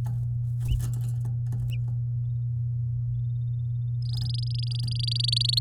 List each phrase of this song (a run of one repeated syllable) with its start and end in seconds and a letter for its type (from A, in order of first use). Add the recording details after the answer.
4.02-5.59 A. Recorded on 9 May 2018 at 08:16. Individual llb16